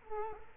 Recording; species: mosquito wingbeat signal from an infrared sensor; Culex quinquefasciatus